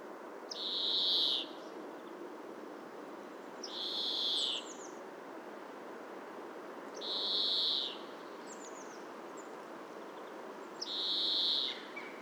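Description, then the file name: European greenfinch giving long, nasal, buzzy wheezes, each under a second, repeated about every three and a half seconds over a steady background hiss. "Chloris chloris"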